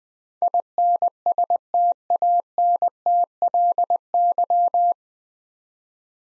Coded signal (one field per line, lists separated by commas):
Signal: Morse code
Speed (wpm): 20 wpm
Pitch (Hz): 700 Hz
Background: none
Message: INSTANTLY